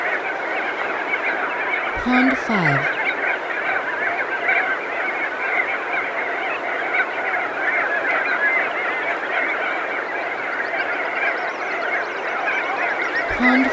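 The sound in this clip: Crested auklets calling as a crowd, an unbroken wash of honking, trumpeting notes, interrupted near the start and the end by short sweeping tones.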